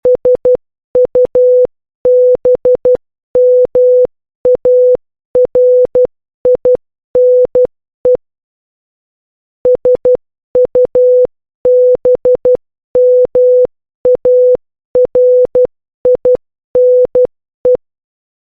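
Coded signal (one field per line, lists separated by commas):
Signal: Morse code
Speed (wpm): 12 wpm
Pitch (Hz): 500 Hz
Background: none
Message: SUBMARINE SUBMARINE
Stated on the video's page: Morse code learning book audio practice for letters A through S.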